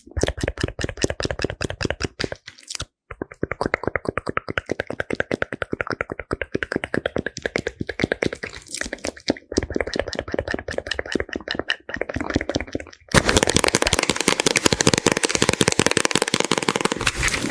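Fast, aggressive ASMR tapping in dense rapid bursts with brief pauses near 2.5 and 13 seconds, then a steadier, fuller crackling run to the end.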